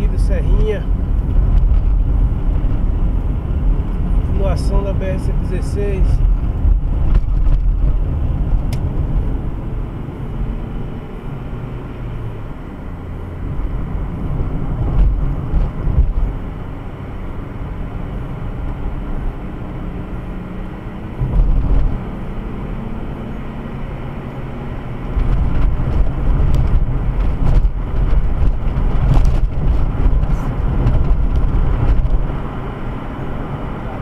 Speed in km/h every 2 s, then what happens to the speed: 46, 47, 44, 46, 50, 52, 54, 57, 61, 65, 69, 73, 76, 78, 79, 80, 79.
0-5 steady at about 46. 5-24 speeds up to 76. 24-34 steady at about 79.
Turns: 0-7.